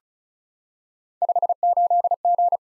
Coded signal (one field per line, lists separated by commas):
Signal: Morse code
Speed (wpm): 36 wpm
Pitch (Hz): 700 Hz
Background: none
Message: 58G